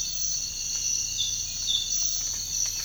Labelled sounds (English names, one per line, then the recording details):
none
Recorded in dense forest near Puerto Asís, Putumayo, Colombia, on 13 March 2025 at 06:00
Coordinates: 0.484, -76.317
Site G064